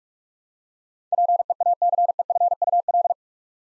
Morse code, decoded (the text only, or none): PEACEFUL